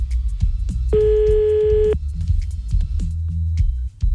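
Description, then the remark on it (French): A steady, mid-pitched telephone ringing tone sounds once for about a second over a low background rumble, with scattered clicks before and after it, as an outgoing phone call is placed. No one speaks. “On y va, on appelle.”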